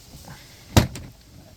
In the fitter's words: You hear some more clicks,